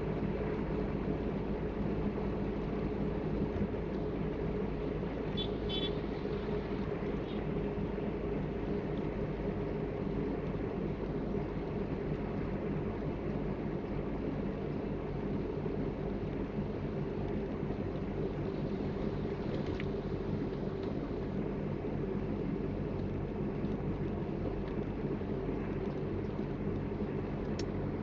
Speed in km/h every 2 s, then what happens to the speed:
47, 47, 47, 46, 46, 45, 44, 44, 44, 43, 43, 43, 42, 43.
0-28 steady at about 44.